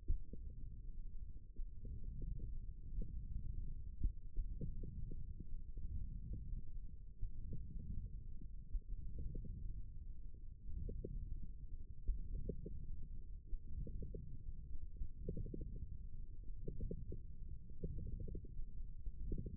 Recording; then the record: forearm muscle sounds (acoustic myography)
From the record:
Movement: wrist extension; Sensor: system 1, eight BSWA MPA416 microphones around the upper forearm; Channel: 2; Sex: female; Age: 22 years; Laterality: right